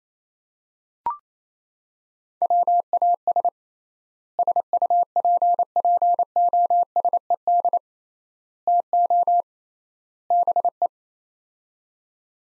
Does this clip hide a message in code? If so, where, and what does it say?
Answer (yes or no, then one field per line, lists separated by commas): yes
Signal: Morse code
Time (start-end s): 2.4-10.9 s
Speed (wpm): 28 wpm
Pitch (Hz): 700 Hz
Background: none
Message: WAS SUPPOSED TO BE